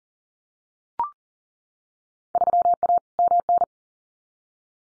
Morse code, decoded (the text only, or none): 3A MN